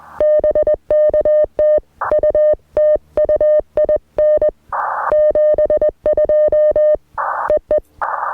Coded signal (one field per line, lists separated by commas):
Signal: Morse code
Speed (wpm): 20 wpm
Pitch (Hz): 610 Hz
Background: music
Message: BK TU TU IN 72 EE